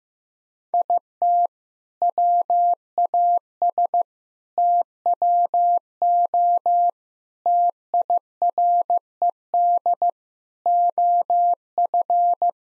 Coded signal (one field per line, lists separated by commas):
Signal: Morse code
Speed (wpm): 16 wpm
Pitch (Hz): 700 Hz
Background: none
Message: IT WAS TWO TIRED OF